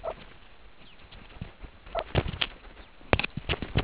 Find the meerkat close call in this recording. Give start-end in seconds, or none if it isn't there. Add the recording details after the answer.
0.04-0.13, 1.95-2.02. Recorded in the Kuruman River Reserve, South Africa. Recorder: an audio tag on a meerkat's collar